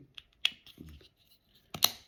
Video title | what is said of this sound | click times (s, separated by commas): ALTAYA OPTIMUS PRIME montage 72,73,74,75,76 et 77 | emboitter clac clac | 0.4 s, 1.8 s